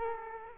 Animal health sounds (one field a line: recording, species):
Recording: mosquito wingbeat signal from an infrared sensor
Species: Culex quinquefasciatus